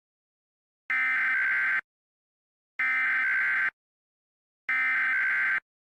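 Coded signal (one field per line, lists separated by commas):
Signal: Emergency Alert System (SAME) tones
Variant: header bursts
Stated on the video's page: Mock hurricane alert tones, a simulated emergency alert.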